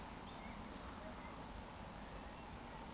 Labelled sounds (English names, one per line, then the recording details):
Eurasian Woodcock whistle
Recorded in Baden-Württemberg, Germany, on 13 June 2020 at 19:25 UTC
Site 14569, 102 m above sea level